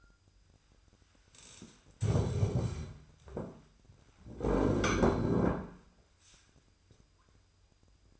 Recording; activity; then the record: daily activity, microphone in the room; stand up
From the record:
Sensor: 2